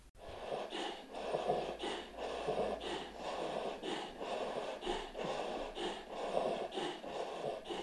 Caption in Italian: Sembrano conati di vomito che però non sono seguiti da espulsioni di cibo e si presentano insieme ad un addome gonfissimo e a una respirazione molto difficoltosa del cane, che il più delle volte rimane sdraiata. Questo è il respiro di un cane con una torsione di stomaco. Questa patologia può uccidere un cane in pochissime ore.